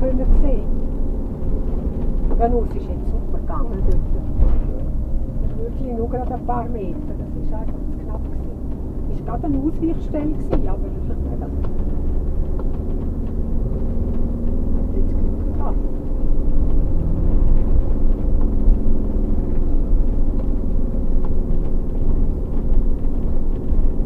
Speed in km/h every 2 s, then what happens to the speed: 25, 22, 20, 22, 24, 22, 25, 29, 29, 29, 25, 25.
3-14 speeds up to 29. 14-24 steady at about 29.